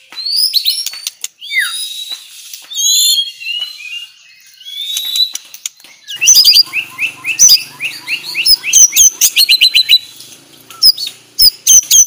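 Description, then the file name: White-rumped shama song, loud and varied, with sharp whistles and chattering phrases, pausing briefly before a rapid burst of clicks and chips. Aceh variety, described as clear, vigorous and rapid, dense singing. "Suara Jernih murai aceh gacor speed rapat"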